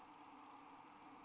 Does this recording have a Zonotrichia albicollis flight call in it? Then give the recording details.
no. No flight call is heard. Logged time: 21:46 on 29 November 2014